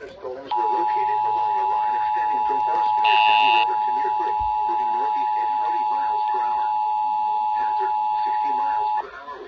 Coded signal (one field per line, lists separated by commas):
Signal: Emergency Alert System (SAME) tones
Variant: 853 and 960 Hz attention tone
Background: speech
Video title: Severe Weather EAS Alerts Part 2 (EAS 85 - 113)